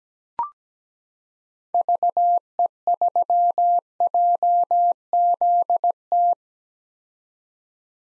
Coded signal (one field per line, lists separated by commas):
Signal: Morse code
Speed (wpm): 17 wpm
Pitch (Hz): 700 Hz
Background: none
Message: VE3JZT